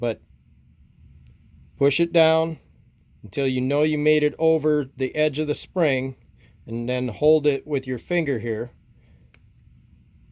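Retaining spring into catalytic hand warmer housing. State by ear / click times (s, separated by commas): seated / 9.3 s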